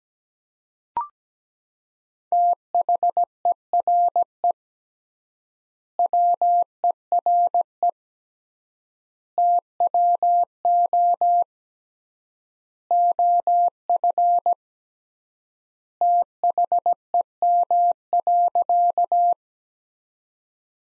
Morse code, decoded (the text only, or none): THERE WERE TWO OF THEM.